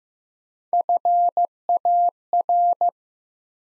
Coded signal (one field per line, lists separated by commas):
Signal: Morse code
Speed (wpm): 15 wpm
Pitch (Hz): 700 Hz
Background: none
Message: FAR